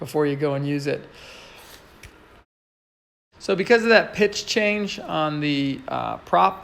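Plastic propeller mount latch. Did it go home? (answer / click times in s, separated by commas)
yes / 2.0 s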